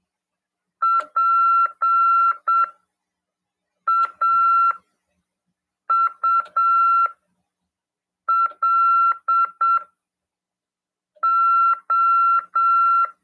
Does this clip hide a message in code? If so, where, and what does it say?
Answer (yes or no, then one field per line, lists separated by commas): yes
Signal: Morse code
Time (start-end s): 0.8-13.1 s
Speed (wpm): 7 wpm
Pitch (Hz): 1360 Hz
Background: none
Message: PAULO